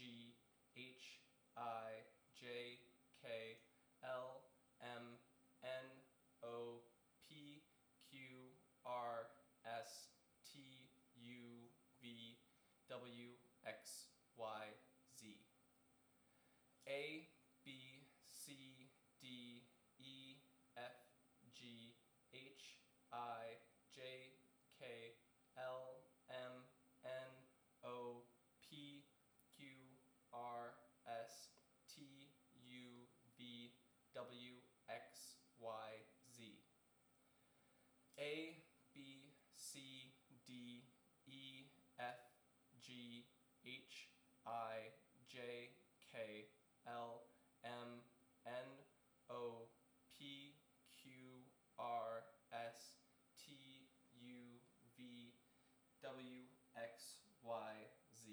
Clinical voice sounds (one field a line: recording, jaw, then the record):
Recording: letters of the alphabet, spoken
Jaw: free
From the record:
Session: seven days later